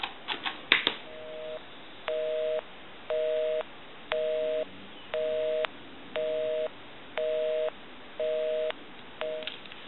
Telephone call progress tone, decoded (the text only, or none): busy tone